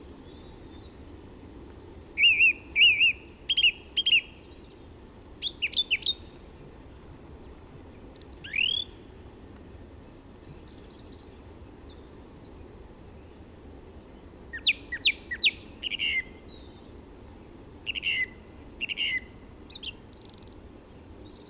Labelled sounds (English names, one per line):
Song Thrush song